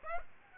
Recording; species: mosquito wingbeat signal from an infrared sensor; Aedes aegypti